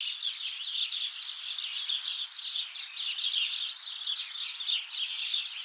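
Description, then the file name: House sparrows in a busy chattering chorus, many short chirps overlapping without pause, with one brief higher whistled note partway through. "Passer domesticus"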